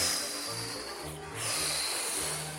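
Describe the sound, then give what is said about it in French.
A voice imitates a wolf blowing hard, a long breathy hissing gust that swells and fades over a couple of seconds, with no words. “Alors dit le loup, je vais et ta maison. Le loup souffle.”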